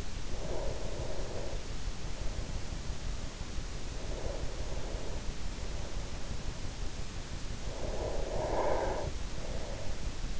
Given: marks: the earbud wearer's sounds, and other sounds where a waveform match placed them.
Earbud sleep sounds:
sounds in sleep by an in-ear microphone; breath
0.00-3.55 s: breath
3.81-7.15 s: breath
7.48-10.40 s: breath

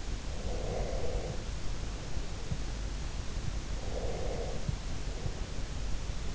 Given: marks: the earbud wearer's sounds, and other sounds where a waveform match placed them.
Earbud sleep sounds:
sounds in sleep by an in-ear microphone; breath
0.25-1.91 s: breath
3.63-5.29 s: breath

